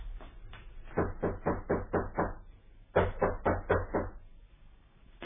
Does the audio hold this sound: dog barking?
no